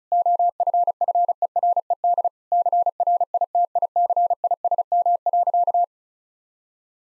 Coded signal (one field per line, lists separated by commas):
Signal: Morse code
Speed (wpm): 34 wpm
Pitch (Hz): 700 Hz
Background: none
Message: OFFERED CRITICISM.